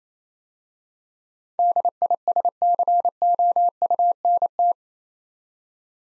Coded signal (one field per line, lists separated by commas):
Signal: Morse code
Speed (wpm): 27 wpm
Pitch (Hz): 700 Hz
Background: none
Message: DISCOUNT